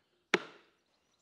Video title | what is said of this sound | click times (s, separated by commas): The Ceracell Hive Defender Floor - How to Install | flip it upside down and slide it into the slot until it clicks | 0.3 s